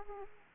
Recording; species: mosquito wingbeat signal from an infrared sensor; Aedes aegypti